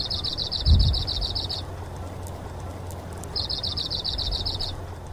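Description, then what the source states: Arctic warbler song: two high, rapid, dry trills of evenly repeated notes separated by a pause, with a low thump and steady background hum. Song snippet recorded on Gambell Island, Alaska, during a North American big year.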